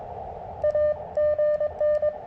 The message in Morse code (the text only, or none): AGN